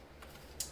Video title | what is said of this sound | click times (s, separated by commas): Gun holsters--Kydex vs Leather??!! -- Which do you use for your gun? | p07 clicks it in you know you know that gun's in there so | 0.6 s